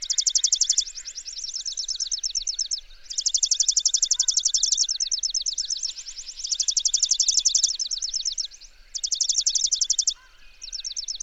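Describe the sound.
Bird song: repeated high, rattling trills, nearly continuous, separated by short gaps and looser chirped notes, with faint twittering behind.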